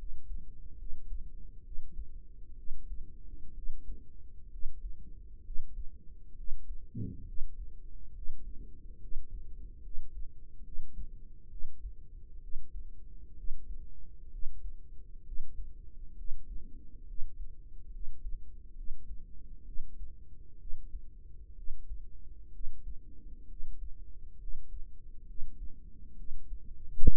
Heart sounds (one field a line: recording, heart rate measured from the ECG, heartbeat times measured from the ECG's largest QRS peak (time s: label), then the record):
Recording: heart sounds by microphone in the right ear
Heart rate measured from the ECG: 66 bpm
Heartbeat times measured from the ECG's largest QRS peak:
0.76 s: heartbeat
1.62 s: heartbeat
2.54 s: heartbeat
3.52 s: heartbeat
4.48 s: heartbeat
5.41 s: heartbeat
6.33 s: heartbeat
7.23 s: heartbeat
8.11 s: heartbeat
8.98 s: heartbeat
9.80 s: heartbeat
10.61 s: heartbeat
11.47 s: heartbeat
12.39 s: heartbeat
13.34 s: heartbeat
14.28 s: heartbeat
15.22 s: heartbeat
16.14 s: heartbeat
17.04 s: heartbeat
17.89 s: heartbeat
18.73 s: heartbeat
19.63 s: heartbeat
20.56 s: heartbeat
21.53 s: heartbeat
22.50 s: heartbeat
23.46 s: heartbeat
24.36 s: heartbeat
25.24 s: heartbeat
26.14 s: heartbeat
27.05 s: heartbeat
From the record:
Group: healthy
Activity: rest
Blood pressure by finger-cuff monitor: 121/60 mmHg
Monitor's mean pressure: 76 mmHg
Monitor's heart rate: 66 bpm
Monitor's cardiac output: 5.8 L/min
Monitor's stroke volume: 88 mL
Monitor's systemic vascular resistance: 950 dyn s/cm5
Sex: female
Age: 32 years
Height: 168 cm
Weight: 61.9 kg